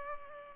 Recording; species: mosquito wingbeat signal from an infrared sensor; Culex pipiens